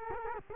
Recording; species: mosquito wingbeat signal from an infrared sensor; Culex quinquefasciatus